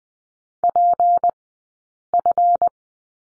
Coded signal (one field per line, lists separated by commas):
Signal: Morse code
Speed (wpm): 20 wpm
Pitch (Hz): 700 Hz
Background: none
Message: PF